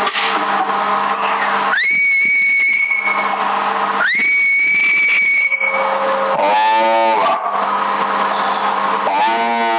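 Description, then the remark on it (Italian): Two long, steady high whistles, each sliding up at the start, come through a thin, hissy CB (citizens band) radio channel in Sassari, followed by shorter warbling tones that rise and fall. “Avanti il fischio. E beh, stronzo, non fischi più.”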